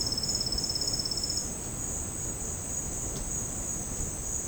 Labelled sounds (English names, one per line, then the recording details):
none
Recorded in secondary vegetation near Puerto Asís, Putumayo, Colombia, on 13 March 2025 at 12:00
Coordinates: 0.481, -76.318
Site G097